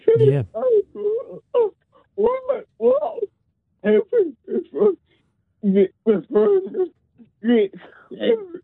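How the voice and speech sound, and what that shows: An adult man speaks slowly and effortfully, with drawn-out vowels, blurred consonants and long pauses: dysarthria from level 4 spastic cerebral palsy.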